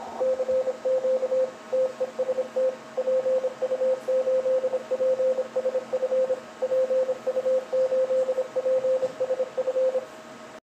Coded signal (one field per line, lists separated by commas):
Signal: Morse code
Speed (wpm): 28 wpm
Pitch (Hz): 520 Hz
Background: radio noise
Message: CQ TEST PU8PSF PU8PSF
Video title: finsh cut down cw #py1ax #cw #test